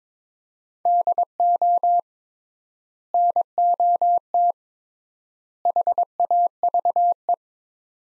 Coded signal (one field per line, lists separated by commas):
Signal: Morse code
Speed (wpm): 22 wpm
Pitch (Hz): 700 Hz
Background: none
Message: DO NOT HAVE